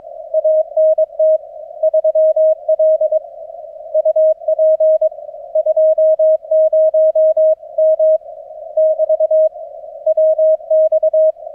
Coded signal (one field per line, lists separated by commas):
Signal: Morse code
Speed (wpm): 23 wpm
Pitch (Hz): 630 Hz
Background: none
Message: ANT 3L UP 20 M <BT> WX